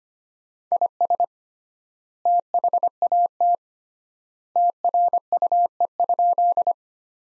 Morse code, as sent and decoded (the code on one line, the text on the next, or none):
.. ... / - .... .- - / - .-. ..- . ..--..
IS THAT TRUE?